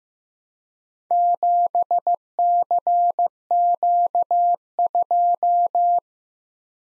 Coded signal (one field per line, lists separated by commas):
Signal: Morse code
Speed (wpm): 15 wpm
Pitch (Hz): 700 Hz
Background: none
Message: 7CQ2